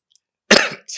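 A single short, harsh cough or throat-clear from an adult man, followed by brief breath noise.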